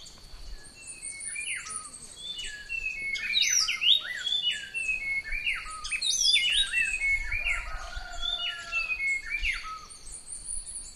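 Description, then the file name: Bird calls: a lively string of sharp chirps and quick downslurred whistles, several overlapping, over a steady high whine. "SABIOD 50 bird 2015"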